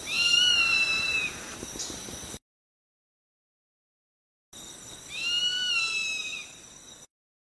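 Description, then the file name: Zone-tailed hawk calling twice, each a long, drawn-out whistled scream, split by a stretch of silence, with light hiss. "Canto do gaviao urubu"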